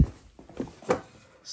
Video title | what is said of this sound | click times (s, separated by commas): Milwaukee Packout Cart Build With Packible Mounts | simple simple locks into place and i get a full | 0.9 s